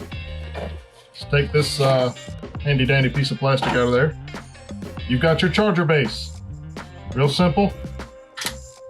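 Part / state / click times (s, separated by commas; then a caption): electric trimmer into its charging base / seated / 8.5 s. Someone talks over background music while a piece of plastic is taken out and a Manscaped Lawn Mower 3.0 electric beard trimmer is set into its plastic charging base. The trimmer snaps into place with a short click at 8.5 seconds, seating in the dock.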